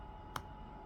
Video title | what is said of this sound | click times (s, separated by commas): Traxxas center diff spur gear replacement | and it snaps right into place so you know that you're lined up that is awesome | 0.4 s